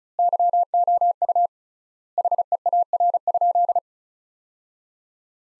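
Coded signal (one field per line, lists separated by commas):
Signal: Morse code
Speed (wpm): 34 wpm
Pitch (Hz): 700 Hz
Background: none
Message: YOU HEAR?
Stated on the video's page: Morse sentences from the top 300 words, sent at 35 wpm with 3x standard word spacing, as practice.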